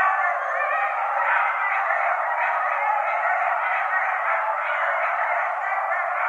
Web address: Coyote 2012 01 16 Coyotes 01. night-sounds-pt-5-coyotes